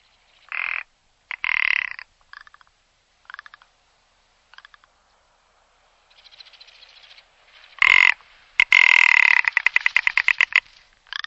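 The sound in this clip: Bird calling harshly: rasping single notes spaced through the first half, then loud grating calls and a fast rattling series of clipped notes near the end.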